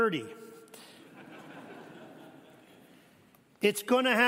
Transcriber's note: laughs